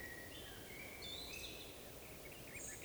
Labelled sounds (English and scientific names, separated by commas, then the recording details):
Eurasian Woodcock (Scolopax rusticola) whistle
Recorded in Baden-Württemberg, Germany, on 11 June 2020 at 19:36 UTC
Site 41501, 195 m above sea level